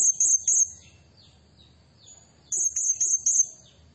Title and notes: Burung Serindit Nembak Gacor Bikin Emosi Semua Burung. Suara Nasteran Dan Pemikat Burung Serinditan Gacor